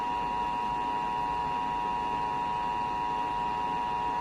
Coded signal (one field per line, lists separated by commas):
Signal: Emergency Alert System (SAME) tones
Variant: 853 and 960 Hz attention tone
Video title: Rhode Island Amber Alert EAS #44